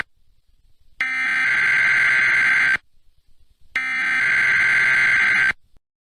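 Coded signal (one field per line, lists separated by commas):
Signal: Emergency Alert System (SAME) tones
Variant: header bursts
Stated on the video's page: Joke EAS movie, not real; made with Audacity and text-to-speech voices.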